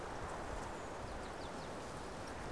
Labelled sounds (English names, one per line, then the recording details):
Eurasian Blue Tit
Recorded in Germany
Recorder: ecoPi